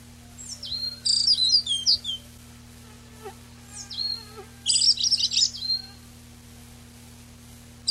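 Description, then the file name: Eyebrowed thrush song: high, thin twittering phrases with quick downslurred squeaky notes, in two main bursts with quieter notes between. Recorded on 19 June 1991. "19 06 91 Tobscurus IIIa"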